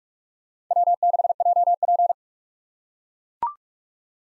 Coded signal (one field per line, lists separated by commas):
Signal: Morse code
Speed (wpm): 43 wpm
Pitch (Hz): 700 Hz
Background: none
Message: W6JP